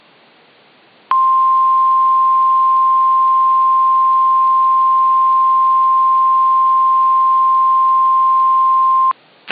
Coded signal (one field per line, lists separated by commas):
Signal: Emergency Alert System (SAME) tones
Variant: 1050 Hz attention tone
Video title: [Mini EAS Mock] [] KEC60 Civil Danger Warning + NWR tone test